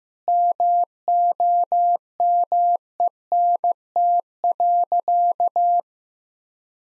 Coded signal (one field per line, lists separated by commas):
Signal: Morse code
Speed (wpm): 15 wpm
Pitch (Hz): 700 Hz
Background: none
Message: MOMENT.